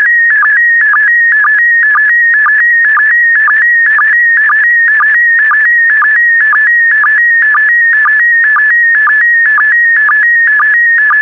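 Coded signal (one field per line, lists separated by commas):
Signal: SSTV (slow-scan television)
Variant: PD120 mode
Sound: steady warbling tone stepping between two pitches, with short low blips twice a second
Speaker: complete. You can now check your decoded image against the picture that is shown on the video.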